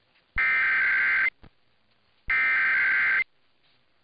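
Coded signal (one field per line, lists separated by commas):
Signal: Emergency Alert System (SAME) tones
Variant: header bursts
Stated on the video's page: A week of EAS tests.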